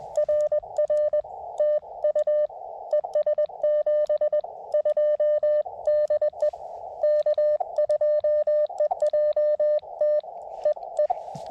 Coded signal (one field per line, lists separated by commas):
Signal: Morse code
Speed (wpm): 20 wpm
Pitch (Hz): 590 Hz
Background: none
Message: RR TU ES 72 DE K2EJT EE